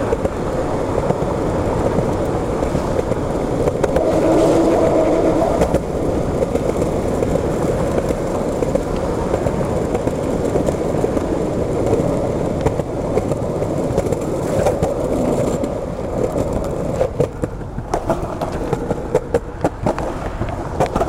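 Skateboard wheels roll steadily over pavement in a dense, low rumble, with scattered clicks and small bumps throughout and a louder stretch around five seconds.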